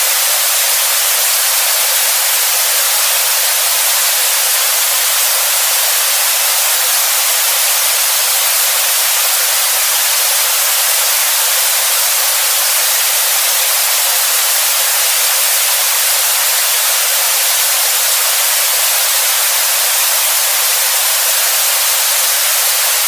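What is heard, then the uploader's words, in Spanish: Green noise plays as a steady, unbroken hiss for the whole clip. The sound is thin and airy, with no low rumble at all, and grows brighter toward the top, like a soft, even spray. Nothing else breaks through. Ruido Verde para Dormir: Ruido Verde Ambiental. Similar al sonido estable y constante de un ventilador.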